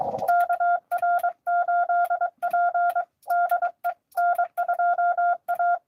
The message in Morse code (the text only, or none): KR8P DE N2A